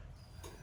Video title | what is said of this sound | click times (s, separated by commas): How to holster GIVEAWAY! | that thing is not going to move and you don't want it to move you want to stay in adjustment so let's see nice little click boom | 0.4 s